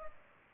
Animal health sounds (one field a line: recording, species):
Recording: mosquito wingbeat signal from an infrared sensor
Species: Culex pipiens